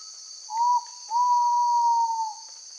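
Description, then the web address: Ivory-breasted pitta whistling a short upslurred note followed by a long, steady, pure note, against a loud continuous shrill insect buzz. Indonesia. "ULM-DS-Lab indonesian-bird-sounds. Pitta maxima"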